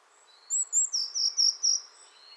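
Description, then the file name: Eurasian blue tit: two thin high notes followed by four lower chattering notes in one quick phrase, over faint background noise. "Cyanistes caeruleus"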